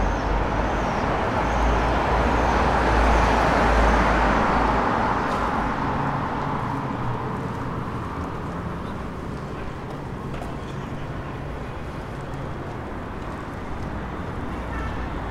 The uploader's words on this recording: Trams pass overhead as we stand under a bridge in Manchester. Industrial Manchester.